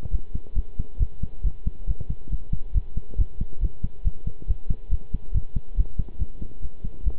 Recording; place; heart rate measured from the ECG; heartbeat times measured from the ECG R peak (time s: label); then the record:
heart sounds by stethoscope; between the tricuspid and mitral areas; 139 bpm
0.11 s: heartbeat
0.55 s: heartbeat
0.99 s: heartbeat
1.43 s: heartbeat
1.87 s: heartbeat
2.30 s: heartbeat
2.74 s: heartbeat
3.18 s: heartbeat
3.61 s: heartbeat
4.04 s: heartbeat
4.48 s: heartbeat
4.91 s: heartbeat
5.34 s: heartbeat
5.77 s: heartbeat
6.19 s: heartbeat
6.61 s: heartbeat
7.04 s: heartbeat
From the record:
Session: pedaling a stationary bicycle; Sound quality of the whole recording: good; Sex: male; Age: 23 years